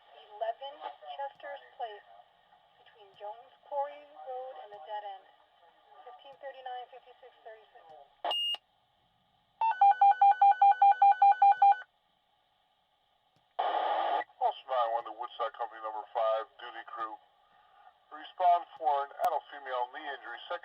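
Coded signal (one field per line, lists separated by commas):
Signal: pager alert tone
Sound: radio voices, a short tone, then about two seconds of fast repeating beeps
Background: radio dispatch speech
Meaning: Alert tones before a fire department dispatch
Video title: Fire Department Dispatch Pager Sound Effect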